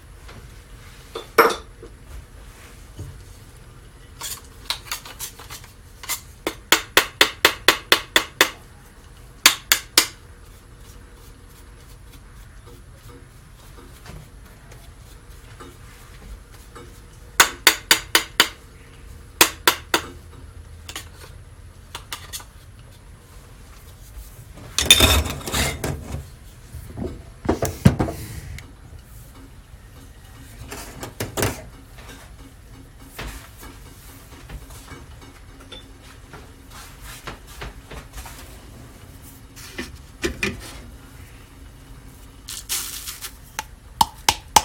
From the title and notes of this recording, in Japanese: 今朝は”グアテマラSHB”を焙煎。